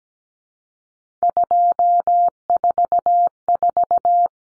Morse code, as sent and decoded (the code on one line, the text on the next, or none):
..--- ....- ....-
244